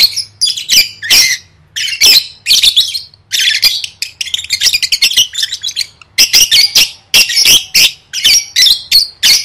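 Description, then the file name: Lovebird chattering: dense, shrill, raspy chirps and squeals, rapid and continuous with short gaps. "tieng vet mau don"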